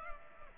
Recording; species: mosquito wingbeat signal from an infrared sensor; Culex pipiens